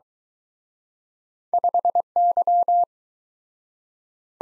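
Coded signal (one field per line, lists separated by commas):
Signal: Morse code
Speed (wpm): 23 wpm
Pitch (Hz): 700 Hz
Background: none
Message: 5Y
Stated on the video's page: Two letter-number combination drill in Speed-Racing format, starting fast and slowing to a 17wpm base; fastest speed is 1.5 times slowest, final repeat sent once at maximum speed.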